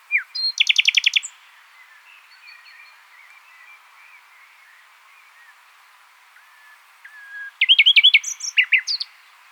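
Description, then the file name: Common nightingale song: a rapid burst of repeated notes, a quiet pause with faint twitters, then another loud phrase of fast, varied notes. "Luscinia megarhynchos"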